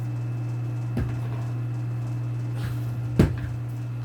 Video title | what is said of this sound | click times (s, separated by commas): update sa toy gun natin mga master | karayo makikita kasi yan sa butas iikot lang yan naka-lock na yan siya ang | 3.2 s